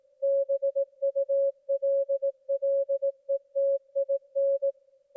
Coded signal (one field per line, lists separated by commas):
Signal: Morse code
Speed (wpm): 18 wpm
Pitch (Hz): 550 Hz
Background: music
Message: BULLETIN